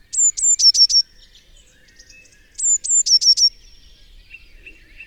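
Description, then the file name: Eurasian blue tit song: two bright phrases, each opening with two high, thin notes that run into a rapid cluster of sharp notes, with faint chirps afterward. "Cyanistes caeruleus"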